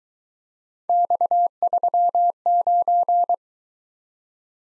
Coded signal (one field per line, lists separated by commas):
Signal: Morse code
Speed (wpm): 22 wpm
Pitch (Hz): 700 Hz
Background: none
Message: X39